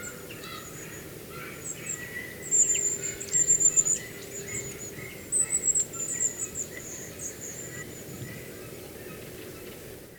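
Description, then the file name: Long-tailed tit song: very high, thin twittering notes in quick bursts, mostly in short clusters mid-recording, over steady low background rumble. Song, in Europe. "Schwanzmeise Gesang Voegel in Europa"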